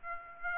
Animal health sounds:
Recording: mosquito wingbeat signal from an infrared sensor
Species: Aedes aegypti

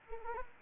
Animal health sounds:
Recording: mosquito wingbeat signal from an infrared sensor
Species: Anopheles arabiensis

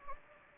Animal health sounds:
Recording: mosquito wingbeat signal from an infrared sensor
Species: Anopheles gambiae

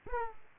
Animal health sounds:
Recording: mosquito wingbeat signal from an infrared sensor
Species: Aedes aegypti

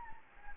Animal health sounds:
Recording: mosquito wingbeat signal from an infrared sensor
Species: Anopheles gambiae

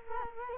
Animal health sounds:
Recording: mosquito wingbeat signal from an infrared sensor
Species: Culex quinquefasciatus

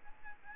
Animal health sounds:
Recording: mosquito wingbeat signal from an infrared sensor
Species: Aedes albopictus

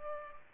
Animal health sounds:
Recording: mosquito wingbeat signal from an infrared sensor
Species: Culex pipiens

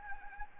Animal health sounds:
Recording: mosquito wingbeat signal from an infrared sensor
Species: Anopheles gambiae

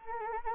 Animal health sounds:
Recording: mosquito wingbeat signal from an infrared sensor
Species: Anopheles arabiensis

